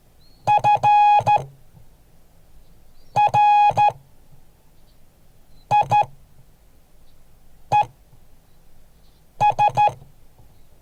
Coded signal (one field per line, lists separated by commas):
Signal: Morse code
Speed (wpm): 13 wpm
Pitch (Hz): 830 Hz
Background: none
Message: FRIES